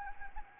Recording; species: mosquito wingbeat signal from an infrared sensor; Anopheles gambiae